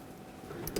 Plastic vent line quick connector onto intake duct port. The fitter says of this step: reinstall this line make sure it clicks